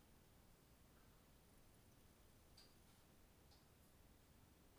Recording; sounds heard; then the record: poultry house recording; no chicken sound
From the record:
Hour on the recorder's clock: 0